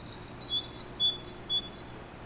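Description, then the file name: Great tit song: quick phrases alternating sharp high notes and lower whistles, three of each, against a faint steady background. "Parus major"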